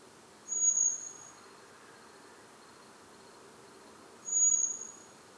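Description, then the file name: Common blackbird thin call: two long, high, level whistled 'seee' notes about four seconds apart, over a faint steady hiss. "Turdus merula"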